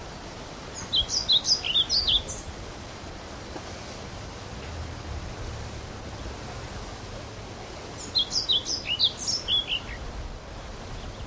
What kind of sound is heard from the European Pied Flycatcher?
song